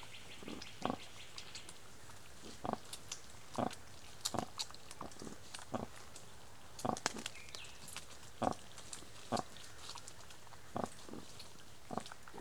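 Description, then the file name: Wild boar giving a series of short grunts and snorts, some clustered, over faint background hiss. Gâtinais français regional park, France; 18 May 2024 at 23:00. "pnr-gatinais-francais - 20240518-230000-sanglier"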